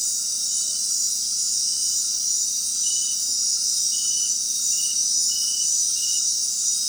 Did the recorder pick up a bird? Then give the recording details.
no. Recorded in dense forest near Puerto Asís, Putumayo, Colombia, on 21 February 2024 at 19:00. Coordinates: 0.466, -76.327. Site G6413